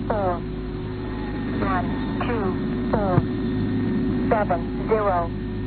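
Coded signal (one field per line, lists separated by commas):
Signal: numbers station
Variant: E05 Cynthia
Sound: about six short spoken words at intervals over a loud droning hum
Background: radio static, low hum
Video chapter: 0:00 - E05 Cynthia 5F Groups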